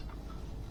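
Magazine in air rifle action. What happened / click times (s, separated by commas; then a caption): The part is being handled and has not seated yet / none. A rotary magazine is handled at the gap in the action of a Weihrauch HW100S/KT air rifle, just before the locking catch is pushed forward to hold it. Only a steady, low handling rumble is heard, with no sharp transients. Nothing has seated or clicked yet.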